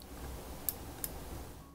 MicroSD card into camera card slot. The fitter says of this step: it out if you want to put it in make sure that you hear that click there